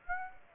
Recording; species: mosquito wingbeat signal from an infrared sensor; Aedes aegypti